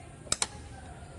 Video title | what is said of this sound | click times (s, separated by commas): TROUBEL KABEL PADA FUSE BOX MOBIL GREAT NEW | Nah, ini sudah mengunci ya. | 0.3 s, 0.4 s